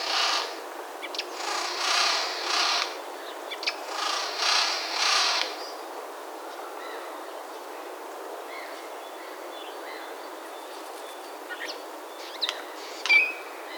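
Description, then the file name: Eurasian Jay giving harsh, rasping screeches, several noisy bursts in the first five seconds, then quieter with a few faint chirps and ticks. "Garrulus glandarius"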